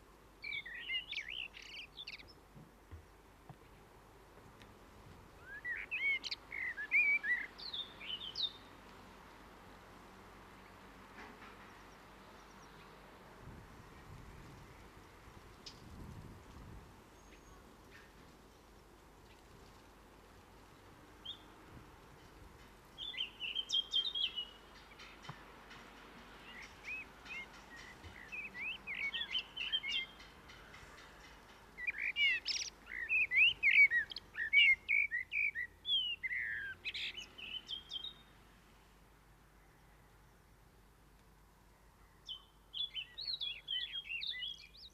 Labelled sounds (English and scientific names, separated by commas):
Common Blackbird (Turdus merula) song